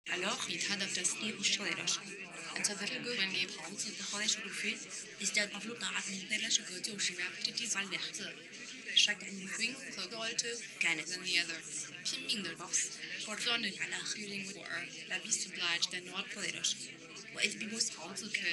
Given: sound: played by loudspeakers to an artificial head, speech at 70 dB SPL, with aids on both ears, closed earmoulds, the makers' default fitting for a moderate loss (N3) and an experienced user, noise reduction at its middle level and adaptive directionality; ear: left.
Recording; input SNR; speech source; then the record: speech test signal (ISTS) in cocktail-party noise; +3 dB; in front (0 degrees)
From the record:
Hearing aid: class 1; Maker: J